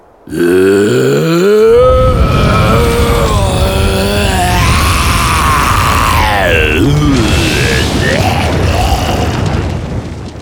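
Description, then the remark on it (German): A loud, sustained monstrous roar from a fire-breathing creature inside an igloo as a jet of fire shoots out, rumbling and growling with a pitch that slides down then rises and wavers, lasting about ten seconds before cutting off. “Und als plötzlich aus dem Iglu ein Feuerstrahl schießt und sich zugleich wieder das fürchterliche Brüllen erhebt, da stolpern die beiden Eisbären vor Schreck ein Stück rückwärts.”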